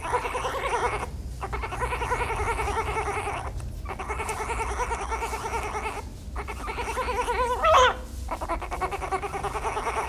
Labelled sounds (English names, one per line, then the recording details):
Sun Bear call
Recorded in captivity
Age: juvenile
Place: Tierpark Berlin, Berlin, DE
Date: 1977-02-17 14:00
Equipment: Nagra SN, AKG CK 5, Kopie Uher 4200
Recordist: Tembrock, Günter
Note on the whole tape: Jungtier(15 Tage alt), bei der künstlichen Ernährung durch die Pflegerin. Lautgebung vor allem zwischen dem Saugen (bei Körperreinigung durch die Pflegerin). Abstand ca. 1 m